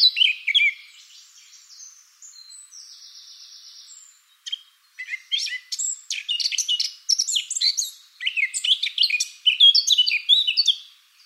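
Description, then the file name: Eurasian blackcap giving soft, scratchy warbling with drawn-out buzzy notes, then bursts of bright, rapid, high chattering phrases repeated through the second half. "Sylvia atricapilla"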